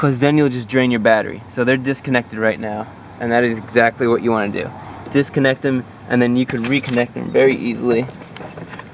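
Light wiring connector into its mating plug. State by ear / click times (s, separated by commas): seated / 8.4 s, 8.8 s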